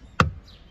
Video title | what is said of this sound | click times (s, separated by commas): HOW TO INSTALL PADDLE SHIFTERS EASY 💯‼️ | you got to be patient heard that click | 0.2 s